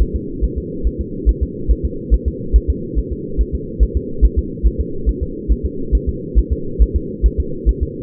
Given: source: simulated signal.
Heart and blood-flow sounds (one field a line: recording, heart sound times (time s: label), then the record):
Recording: fetal heart sounds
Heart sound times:
0.02 s: S1
0.16 s: S2
0.44 s: S1
0.58 s: S2
0.87 s: S1
1.01 s: S2
1.29 s: S1
1.43 s: S2
1.71 s: S1
1.85 s: S2
2.14 s: S1
2.28 s: S2
2.56 s: S1
2.70 s: S2
2.99 s: S1
3.12 s: S2
3.41 s: S1
3.55 s: S2
3.83 s: S1
3.97 s: S2
4.25 s: S1
4.39 s: S2
4.67 s: S1
4.81 s: S2
5.09 s: S1
5.23 s: S2
5.52 s: S1
5.66 s: S2
5.95 s: S1
6.09 s: S2
6.39 s: S1
6.53 s: S2
6.82 s: S1
6.96 s: S2
7.26 s: S1
7.40 s: S2
7.69 s: S1
7.83 s: S2
From the record:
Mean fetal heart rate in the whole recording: 140 bpm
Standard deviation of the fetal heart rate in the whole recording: 2 bpm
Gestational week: 34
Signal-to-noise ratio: -4.3 dB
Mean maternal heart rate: 72 bpm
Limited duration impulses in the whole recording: absent